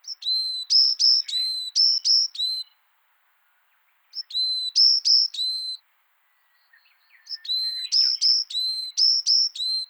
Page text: ヤマガラ